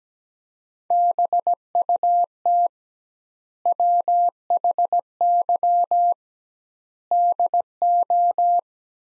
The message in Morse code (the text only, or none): BUT WHY DO